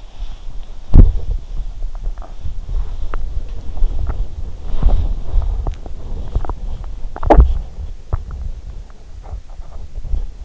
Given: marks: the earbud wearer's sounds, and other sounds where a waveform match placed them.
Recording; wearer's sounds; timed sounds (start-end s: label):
sounds in sleep by an in-ear microphone; body movement
0.37-10.45 s: body movement